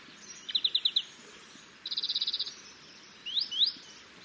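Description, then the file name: European greenfinch producing a quick rattle, then a longer even trill, followed by two rising twitter notes; soft background noise throughout. "Chloris chloris"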